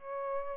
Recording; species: mosquito wingbeat signal from an infrared sensor; Aedes albopictus